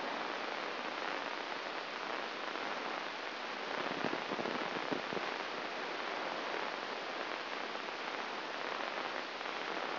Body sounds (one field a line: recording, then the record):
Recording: brain microelectrode recording played as sound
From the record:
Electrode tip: inside the subthalamic nucleus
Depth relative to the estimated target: 4 mm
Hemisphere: right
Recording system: AlphaMap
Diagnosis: Parkinson's disease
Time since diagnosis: 7 years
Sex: female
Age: 49 years